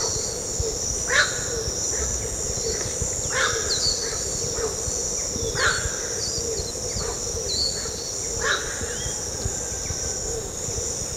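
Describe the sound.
Pacific reef heron giving short, harsh croaking calls every few seconds over a steady insect hum and constant high-pitched buzzing.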